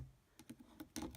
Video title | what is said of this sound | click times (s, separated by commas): Nokia 3109c Mobile Phone Review - TVMPRG | cover back in snaps into place turn it on and | 1.0 s